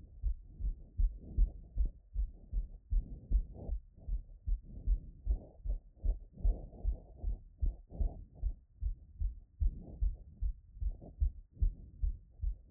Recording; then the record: heart sounds by stethoscope after running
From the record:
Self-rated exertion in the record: vigorous exertion (4 of 6); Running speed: 8 mph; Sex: female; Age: 26 years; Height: 172 cm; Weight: 60 kg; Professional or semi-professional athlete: no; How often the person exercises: over 5 times a week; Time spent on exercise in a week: over 5 hours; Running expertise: yes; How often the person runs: 3 to 5 times a week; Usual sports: running, interval training, yoga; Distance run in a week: 50 km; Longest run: 21 km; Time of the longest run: 122 minutes